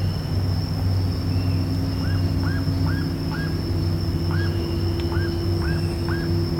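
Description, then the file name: Bird uttering a series of soft hooked notes, each climbing then flattening, above a loud steady low hum and faint high whine. "SABIOD 50 bird 2015"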